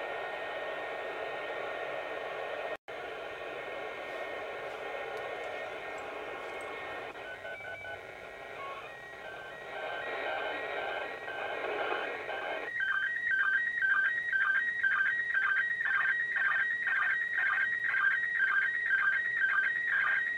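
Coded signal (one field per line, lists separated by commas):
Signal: SSTV (slow-scan television)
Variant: PD120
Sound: hiss, then a steady warbling tone stepping rhythmically between two pitches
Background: radio static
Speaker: coming up in about 10 minutes so we'll record that and see if I can get a better picture this time around on the ISS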